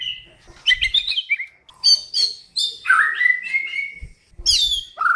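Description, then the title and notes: Bird song of varied whistled phrases, some sliding downward, broken by brief gaps, with a few soft low thumps underneath. Described as a champion (jawara) songbird singing. "kicau burung jawara"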